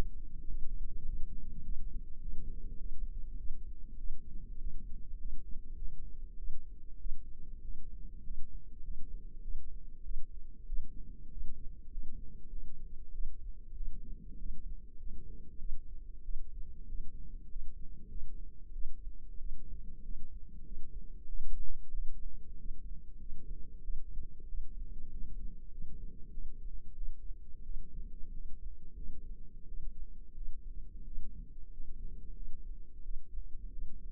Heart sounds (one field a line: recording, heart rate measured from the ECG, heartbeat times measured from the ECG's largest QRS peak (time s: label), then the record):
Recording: heart sounds by microphone in the left ear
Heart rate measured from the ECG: 96 bpm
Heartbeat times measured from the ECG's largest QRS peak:
0.45 s: heartbeat
1.04 s: heartbeat
1.61 s: heartbeat
2.18 s: heartbeat
2.76 s: heartbeat
3.36 s: heartbeat
3.96 s: heartbeat
4.57 s: heartbeat
5.15 s: heartbeat
5.74 s: heartbeat
6.35 s: heartbeat
6.97 s: heartbeat
7.60 s: heartbeat
8.21 s: heartbeat
8.80 s: heartbeat
9.40 s: heartbeat
10.01 s: heartbeat
10.64 s: heartbeat
11.27 s: heartbeat
11.88 s: heartbeat
12.48 s: heartbeat
13.10 s: heartbeat
13.73 s: heartbeat
14.36 s: heartbeat
14.95 s: heartbeat
15.57 s: heartbeat
16.21 s: heartbeat
16.85 s: heartbeat
17.46 s: heartbeat
18.06 s: heartbeat
18.70 s: heartbeat
19.37 s: heartbeat
20.00 s: heartbeat
20.62 s: heartbeat
21.25 s: heartbeat
21.89 s: heartbeat
22.56 s: heartbeat
23.16 s: heartbeat
23.80 s: heartbeat
24.45 s: heartbeat
25.08 s: heartbeat
25.68 s: heartbeat
26.29 s: heartbeat
26.93 s: heartbeat
27.61 s: heartbeat
28.30 s: heartbeat
28.93 s: heartbeat
29.64 s: heartbeat
30.33 s: heartbeat
31.03 s: heartbeat
31.67 s: heartbeat
32.32 s: heartbeat
33.01 s: heartbeat
33.69 s: heartbeat
From the record:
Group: healthy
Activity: rest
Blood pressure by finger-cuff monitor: 112/59 mmHg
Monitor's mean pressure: 78 mmHg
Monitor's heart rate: 97 bpm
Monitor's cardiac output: 9 L/min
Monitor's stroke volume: 93 mL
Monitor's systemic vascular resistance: 610 dyn s/cm5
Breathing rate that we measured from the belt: 20 breaths a minute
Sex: female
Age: 26 years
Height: 165 cm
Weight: 55 kg